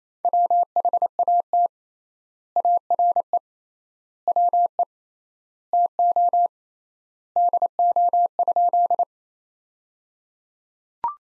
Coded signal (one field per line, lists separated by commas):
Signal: Morse code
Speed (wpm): 28 wpm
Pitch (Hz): 700 Hz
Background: none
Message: WHAT ARE WE TO DO?